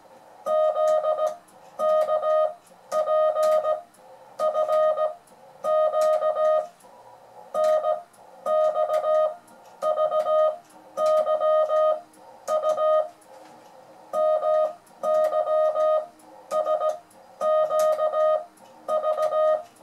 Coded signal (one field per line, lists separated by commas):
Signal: Morse code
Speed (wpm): 17 wpm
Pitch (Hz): 620 Hz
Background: music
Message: ZKP FQ NXVYU MYSQV